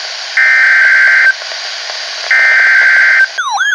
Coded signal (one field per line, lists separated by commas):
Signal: Emergency Alert System (SAME) tones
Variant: header bursts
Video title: Severe Thunderstorm Warning (EAS #2,060) - April 30, 2019